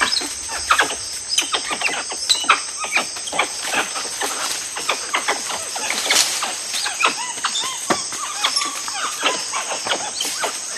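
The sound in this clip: Tufted capuchin calls, scattered arched chirps rising and falling, mixed with busy crackling clicks and a steady high insect buzz.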